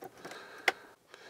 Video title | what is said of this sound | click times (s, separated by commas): Sharp's record-playing luggable stereo : VZ-2000 repair & demo | and clicks into place at least that's the idea | 0.7 s